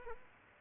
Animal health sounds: mosquito wingbeat signal from an infrared sensor; Culex pipiens

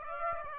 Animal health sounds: mosquito wingbeat signal from an infrared sensor; Aedes aegypti

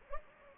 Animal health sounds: mosquito wingbeat signal from an infrared sensor; Anopheles gambiae

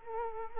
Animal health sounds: mosquito wingbeat signal from an infrared sensor; Culex quinquefasciatus

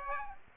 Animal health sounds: mosquito wingbeat signal from an infrared sensor; Aedes aegypti

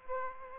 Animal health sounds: mosquito wingbeat signal from an infrared sensor; Aedes aegypti

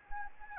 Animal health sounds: mosquito wingbeat signal from an infrared sensor; Anopheles gambiae

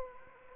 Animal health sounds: mosquito wingbeat signal from an infrared sensor; Anopheles gambiae

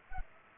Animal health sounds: mosquito wingbeat signal from an infrared sensor; Culex pipiens

